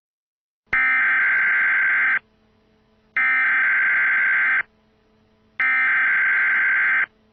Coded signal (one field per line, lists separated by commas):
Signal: Emergency Alert System (SAME) tones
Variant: header bursts